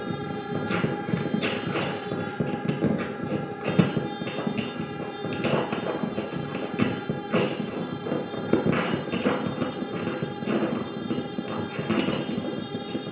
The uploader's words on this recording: Tabletop improv with contact mic. Improvisation using a table top full of junk and a contact mic in my music room in Patea.